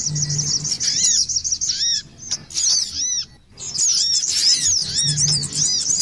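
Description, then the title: Little spiderhunter song: high rapid chipping trills with repeated arched, ringing whistled notes, broken by short pauses; a low steady hum comes and goes underneath. Masteran (tutoring) recording used for training songbirds. "Masteran Burung Sogok Ontong Labaik"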